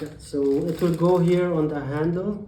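A part of an infant car seat system is handled at its mount on a stroller handle while someone talks throughout. No click is heard, and nothing has seated or clicked yet.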